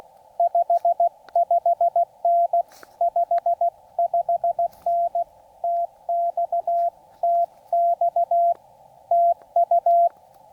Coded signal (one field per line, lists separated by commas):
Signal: Morse code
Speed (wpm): 16 wpm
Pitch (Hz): 690 Hz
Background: radio noise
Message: 55N 55N TX TX TU